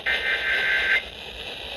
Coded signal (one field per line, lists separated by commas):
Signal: Emergency Alert System (SAME) tones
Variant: header bursts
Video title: (EAS "#725") Severe Thunderstorm Warning from WFBC-FM (WXJ21-Greenville, SC) - 4/15/2024